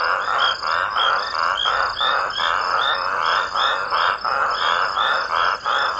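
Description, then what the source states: Toad chorus of rough, grating calls overlapping continuously, swelling and dipping in quick irregular pulses. Several raucous toads.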